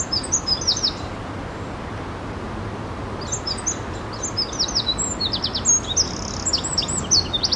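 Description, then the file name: Eurasian wren with brief high trills at the start, a quiet spell, then a long run of rapid, sharp, repeated notes and rattles over a low steady rumble. "Troglodytes troglodytes"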